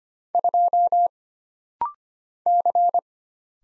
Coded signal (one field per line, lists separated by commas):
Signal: Morse code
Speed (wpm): 25 wpm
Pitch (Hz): 700 Hz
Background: none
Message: 2 C